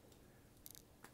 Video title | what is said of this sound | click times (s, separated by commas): First person POV + Review of AT3 Tactical's Rugged Carbine Optic (RCO)! | and they click into place | 0.7 s